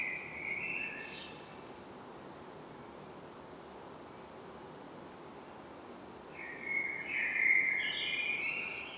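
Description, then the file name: Common blackbird song: a short fluted phrase with a high squeaky tail, then a long stretch of hiss before a longer warbling phrase rises into thin high notes. "Turdus merula"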